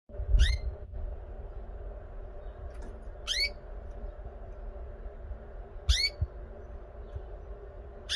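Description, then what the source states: Canary calls: three short chirps sweeping sharply upward, spaced a few seconds apart, over a steady low hum. Female bird.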